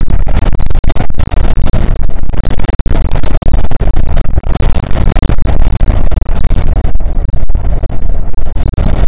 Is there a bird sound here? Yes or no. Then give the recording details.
no. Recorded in the Arctic National Wildlife Refuge, Alaska, on 5 June 2019 at 00:00. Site 48